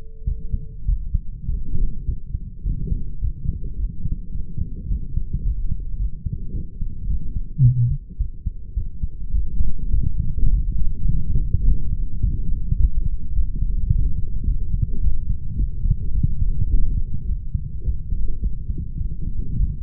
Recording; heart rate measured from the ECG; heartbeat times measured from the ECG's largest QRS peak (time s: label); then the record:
heart sounds by stethoscope; 106 bpm
0.27 s: heartbeat
0.88 s: heartbeat
1.48 s: heartbeat
2.08 s: heartbeat
2.65 s: heartbeat
3.22 s: heartbeat
3.78 s: heartbeat
4.34 s: heartbeat
4.90 s: heartbeat
5.45 s: heartbeat
6.00 s: heartbeat
6.54 s: heartbeat
7.09 s: heartbeat
7.64 s: heartbeat
8.20 s: heartbeat
8.77 s: heartbeat
9.34 s: heartbeat
9.93 s: heartbeat
10.52 s: heartbeat
11.10 s: heartbeat
11.67 s: heartbeat
12.23 s: heartbeat
12.80 s: heartbeat
13.36 s: heartbeat
13.92 s: heartbeat
14.47 s: heartbeat
15.03 s: heartbeat
15.59 s: heartbeat
16.15 s: heartbeat
16.71 s: heartbeat
17.28 s: heartbeat
17.85 s: heartbeat
18.43 s: heartbeat
19.01 s: heartbeat
19.60 s: heartbeat
From the record:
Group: healthy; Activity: light exercise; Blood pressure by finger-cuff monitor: 160/97 mmHg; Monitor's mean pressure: 118 mmHg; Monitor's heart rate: 107 bpm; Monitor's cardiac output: 8.2 L/min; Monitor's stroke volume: 79 mL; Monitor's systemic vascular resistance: 1060 dyn s/cm5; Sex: male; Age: 21 years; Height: 175 cm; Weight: 72.6 kg